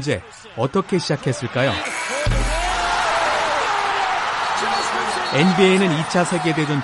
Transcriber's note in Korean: 녹취: nba 농구 경기 현장음